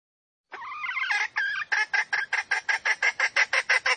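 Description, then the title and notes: Junglefowl hen calling: a wavering harmonic squawk, then a fast, steady run of short clucks. Female junglefowl; recording used as a lure to attract wild junglefowl. "Pancingan Ayam Hutan Betina. Suara Ayam Hutan Betina. Pemikat Ayam Hutan"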